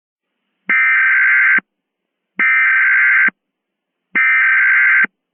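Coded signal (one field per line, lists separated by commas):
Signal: Emergency Alert System (SAME) tones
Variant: header bursts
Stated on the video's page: Mock Emergency Alert System alert for a Halloween scenario, containing valid SAME tones.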